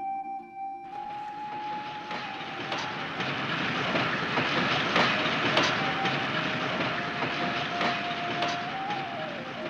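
A train rolls along steadily, heard from inside a compartment where a lone passenger rides home: a constant loud rumble with wheels clacking over rail joints at irregular intervals and a thin whining tone running through it. No one speaks.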